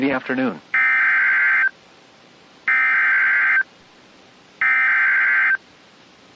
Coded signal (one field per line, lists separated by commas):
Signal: Emergency Alert System (SAME) tones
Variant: header bursts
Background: speech